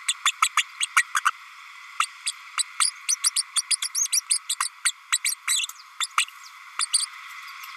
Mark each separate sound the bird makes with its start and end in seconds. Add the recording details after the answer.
0.08-0.14, 0.25-0.32, 0.42-0.48, 0.57-0.64, 0.80-0.86, 0.96-1.03, 1.16-1.21, 1.26-1.30, 2.00-2.07, 2.25-2.32, 2.57-2.63, 2.79-2.91, 3.08-3.16, 3.23-3.30, 3.35-3.42, 3.55-3.62, 3.70-3.76, 3.82-3.88, 3.94-4.08, 4.12-4.20, 4.29-4.39, 4.49-4.56, 4.60-4.70, 4.84-4.92, 5.12-5.19, 5.24-5.35, 5.47-5.66, 6.00-6.06, 6.17-6.26, 6.79-6.86, 6.93-7.06. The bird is a female. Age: 32 days. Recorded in a nest box in Venezuela. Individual 17B32A5